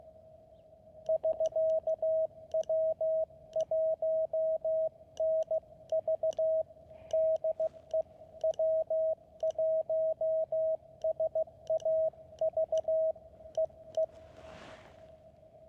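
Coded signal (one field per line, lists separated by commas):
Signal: Morse code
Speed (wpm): 15 wpm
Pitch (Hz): 640 Hz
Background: radio noise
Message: <SK> W1NV DE W1SAV EE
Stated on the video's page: Park activation reaching exactly ten contacts, with long quiet stretches.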